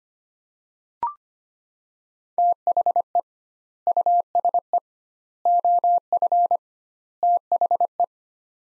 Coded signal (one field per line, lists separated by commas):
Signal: Morse code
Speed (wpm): 25 wpm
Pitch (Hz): 700 Hz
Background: none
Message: THE USE OF THE